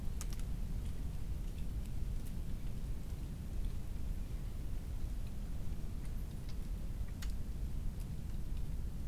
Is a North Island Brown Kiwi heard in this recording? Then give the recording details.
no. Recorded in New Zealand on 18 October 2015. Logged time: 23:14. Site BR12